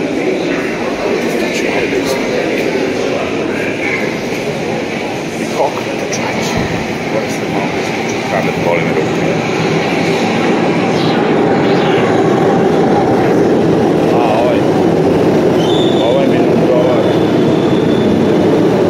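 A walk through New York subway and station crowds: constant murmur of many voices with a train-like rumble underneath, growing slightly louder after ten seconds.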